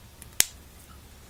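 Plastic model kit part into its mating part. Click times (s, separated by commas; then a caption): 0.4 s. A plastic model kit part is pressed into its mating part on both sides, and it snaps into place with a sharp, bright click at 0.4 s, preceded by a faint tick at about 0.2 s. The part is seated.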